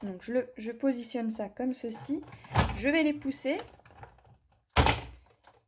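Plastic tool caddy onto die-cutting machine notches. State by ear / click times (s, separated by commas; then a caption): seated / 4.8 s. A plastic tool caddy is lined up with two small notches on the side of a Big Shot die-cutting machine and pushed in while someone talks. After a few faint knocks around 4.0–4.2 seconds, a sharp, loud click at 4.8 seconds marks the caddy clipping onto the machine. It is then firmly attached and can no longer move.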